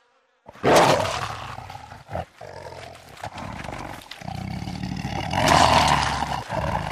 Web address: lions